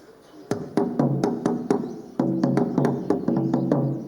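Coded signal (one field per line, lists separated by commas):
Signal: talking drum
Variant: Asante atumpan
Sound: two phrases of resonant low drum strokes, about 7 strokes each, with varying pitch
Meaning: When you kill 1,000, 1,000 will come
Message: You kill Tajan, come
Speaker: You kill Tajan, come. So that's the great Asante saying, isn't it?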